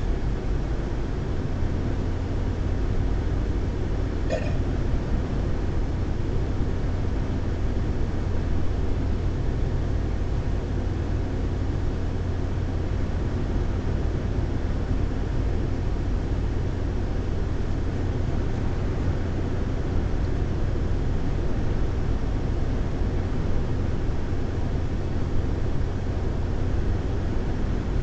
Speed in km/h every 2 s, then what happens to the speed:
120, 120, 121, 121, 121, 122, 122, 122, 122, 122, 122, 122, 122, 121.
0-28 steady at about 122.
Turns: none.